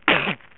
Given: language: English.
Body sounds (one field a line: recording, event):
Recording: throat vibration sensor signal played as sound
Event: cough